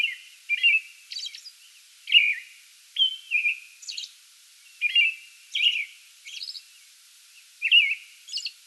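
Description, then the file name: American robin song, paired whistled caroling phrases alternating with high thin squeaky notes, separated by short pauses. Pre-dawn song bout recorded 8 May 2022. "2022-05-08 American Robin pre-dawn song bout"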